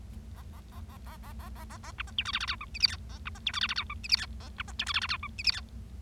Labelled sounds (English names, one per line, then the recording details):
Bengalese Finch song
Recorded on 25 March 2012 at 13:25
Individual gy6or6